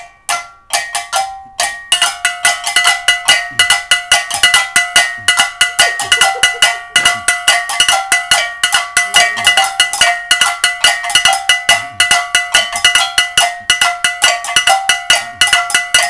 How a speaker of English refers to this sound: You see, so now, these are how to create simple rhythms. The same things that you are playing on the bell, you can still play on the drums.